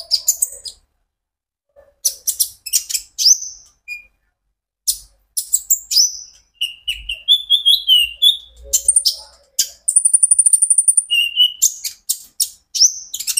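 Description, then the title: Van Hasselt's sunbird song of squeaky high chips, whistled slurs and a quick stuttering trill, delivered in busy bursts. Caged konin ijoan singing actively (gacor); recording meant as a lure and therapy for untrained konin, said to make them answer. "KOLIBRI NINJA KONIN IJOAN GACOR COCOK UNTUK PANCINGAN TERAPI KONIN BAHAN PASTI NYAUT"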